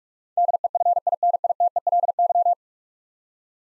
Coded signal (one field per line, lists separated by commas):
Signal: Morse code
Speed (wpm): 42 wpm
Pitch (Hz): 700 Hz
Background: none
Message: DEFINITELY